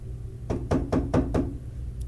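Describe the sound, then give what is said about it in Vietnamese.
Five quick, evenly spaced knocks rap on an old wooden door, each a hollow, solid thud, followed by a short quiet stretch over a low steady background hum. “Thìn ra mở cửa, anh ta ngạc nhiên khi thấy sau cánh cửa gỗ cũ kỹ lại là một cô gái hoàn toàn xa lạ”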